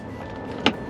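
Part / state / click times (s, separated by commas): latch clasp on a camper van's pop-up roof / seated / 0.7 s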